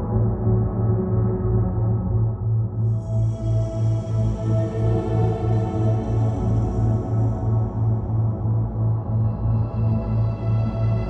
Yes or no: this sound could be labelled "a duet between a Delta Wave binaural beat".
yes